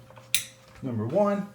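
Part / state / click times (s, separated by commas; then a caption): wiring connectors into steering wheel sockets / seated / 0.3 s. Wiring connectors are pushed into the sockets on each side of a Civic Type R steering wheel and reconnected. A loud, sharp click lands at 0.4 s as they seat. Someone then starts talking.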